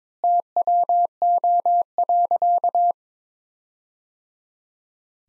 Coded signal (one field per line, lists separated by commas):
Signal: Morse code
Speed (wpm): 22 wpm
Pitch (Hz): 700 Hz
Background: none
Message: TWO.